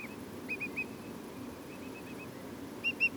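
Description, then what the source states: Whimbrel piping, a few soft whistled notes early, quieter calls in the middle and a louder pair at the end, with low rumble throughout. Several whimbrels, lots of piping; Portland.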